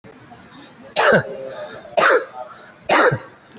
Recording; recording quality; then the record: shallow voluntary cough; moderate, slight background noise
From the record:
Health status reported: COVID-19 positive, moderate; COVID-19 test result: positive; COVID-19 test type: RT-PCR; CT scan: taken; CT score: 6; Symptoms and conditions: fever, fatigue, muscle pain, diarrhoea, hypertension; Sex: male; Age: 45 years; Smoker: no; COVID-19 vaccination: one dose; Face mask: worn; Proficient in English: yes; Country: India